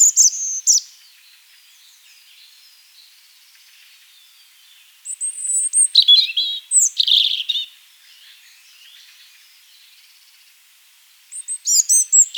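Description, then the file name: European robin singing short bursts of sweet, high, wavering notes and squeaky trills, with long silent pauses of several seconds between phrases. "Erithacus rubecula"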